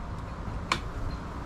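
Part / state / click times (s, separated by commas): EV charging connector into the car's charging inlet / seated / 0.7 s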